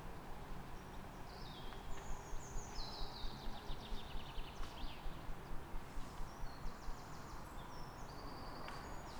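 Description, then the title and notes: Bird giving high chirps and trilled phrases, with a heavy steady hum of road traffic beneath. Calm morning on 3 May in Fresnes, Ile de France, with ring-road traffic in the background. "Matin calme avec oiseaux. Fresnes, Ile de France. Mathias Arrignon"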